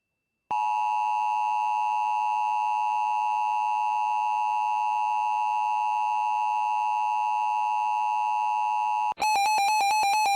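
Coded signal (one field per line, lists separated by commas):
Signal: Emergency Alert System (SAME) tones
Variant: 853 and 960 Hz attention tone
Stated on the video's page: SAME tones of a special marine warning from a real relay with poor sound quality.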